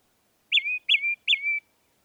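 Northern mockingbird repeating one whistled phrase three times, each a sharp note trailing into a level whistle, about every 0.4 seconds.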